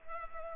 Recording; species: mosquito wingbeat signal from an infrared sensor; Culex pipiens